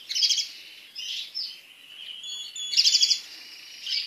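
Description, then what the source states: Canary song with bursts of rapid, glittering trills broken by short pauses, phrases shifting between high and middle pitch. Song of a Spanish breed canary.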